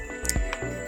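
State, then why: Seated. A plastic magazine is pushed into the magazine well of an ACR J10 gel blaster over steady background music, with sharp clicks at about 0.3 s and 0.5 s. The magazine clicks in and is seated.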